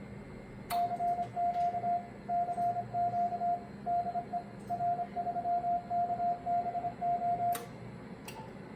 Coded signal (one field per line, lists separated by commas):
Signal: Morse code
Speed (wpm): 27 wpm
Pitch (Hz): 700 Hz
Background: radio noise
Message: CQ CQ DE R3KBO